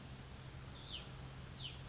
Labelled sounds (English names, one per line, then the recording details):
Hutton's Vireo
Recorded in Sonoma County, California